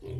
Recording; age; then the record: pig call; weaner (32 to 43 days)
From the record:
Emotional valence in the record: positive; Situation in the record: positive conditioning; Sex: female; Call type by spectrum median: low-frequency call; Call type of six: low-frequency stable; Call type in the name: low-frequency stable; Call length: 0.20 s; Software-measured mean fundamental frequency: 65 Hz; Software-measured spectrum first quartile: 115 Hz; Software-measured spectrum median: 199 Hz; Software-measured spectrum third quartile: 425 Hz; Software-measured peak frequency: 115 Hz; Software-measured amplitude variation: 148 dB a second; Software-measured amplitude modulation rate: 22.5 a second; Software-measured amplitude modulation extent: 6.6 dB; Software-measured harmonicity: 3.9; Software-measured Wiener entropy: -0.05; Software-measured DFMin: 1200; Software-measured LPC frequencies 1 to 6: 348, 2445, 3281, 3884, 6824, 8340 Hz